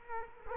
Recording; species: mosquito wingbeat signal from an infrared sensor; Culex quinquefasciatus